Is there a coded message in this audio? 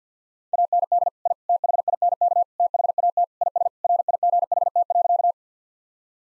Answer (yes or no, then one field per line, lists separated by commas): yes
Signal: Morse code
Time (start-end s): 0.5-5.3 s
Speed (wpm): 50 wpm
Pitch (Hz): 700 Hz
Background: none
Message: AND I THINK THAT IS RIGHT.